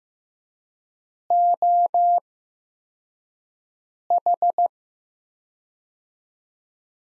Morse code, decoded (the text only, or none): OH